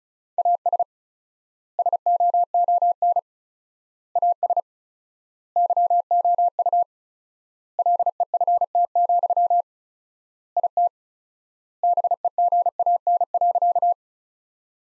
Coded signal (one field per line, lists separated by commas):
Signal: Morse code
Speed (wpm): 34 wpm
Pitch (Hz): 700 Hz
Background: none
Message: AS SOON AS YOU LEFT, IT BEGAN.